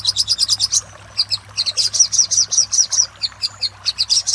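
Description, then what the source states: Little spiderhunter giving quick high chip notes, a fast burst, a brief break, then a slightly slower run of sharp notes. Master recording used for training cage birds.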